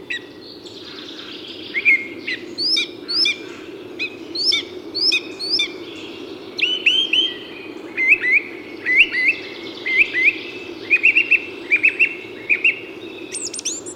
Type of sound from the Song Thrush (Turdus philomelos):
song